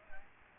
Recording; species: mosquito wingbeat signal from an infrared sensor; Aedes aegypti